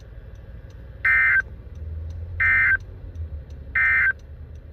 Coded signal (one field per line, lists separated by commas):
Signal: Emergency Alert System (SAME) tones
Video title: The Typical (EAS 536-548)